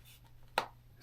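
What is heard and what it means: The hinged lid of the small protective case that comes with a Waka Ultra Slim MC UV 55mm camera filter, made in Japan, is closed by hand. After a faint tick, it shuts with one sharp, bright snap at 0.6 s. The lid snaps into place and is not likely to fly open.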